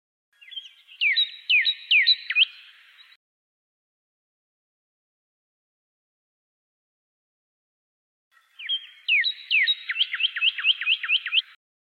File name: suara kicauan burung pyrrhuloxia. omkicau